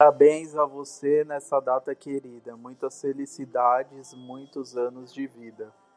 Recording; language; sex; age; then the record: short text; Brazilian Portuguese; male; 30 to 39 years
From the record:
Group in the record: control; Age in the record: 37 years